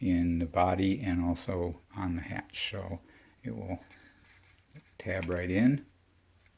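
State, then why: Not seated. Someone talks while handling the battery hatch of a Hansa-Brandenburg W 29 model airplane, which has a front tab and rare-earth magnets in both the hatch and the fuselage body. The hatch is being tabbed into the fuselage, and faint, brief handling ticks are heard near the end. Nothing has seated or clicked yet.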